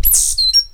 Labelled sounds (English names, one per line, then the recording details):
Stitchbird song
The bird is a male
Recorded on Tiritiri Matangi Island, New Zealand, in 2005
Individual 8, of nest box 10